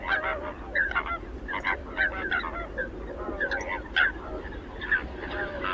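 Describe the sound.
Flamingos calling, short nasal honks and grunting notes tumbling over one another in a steady chatter, over low rumbling background noise.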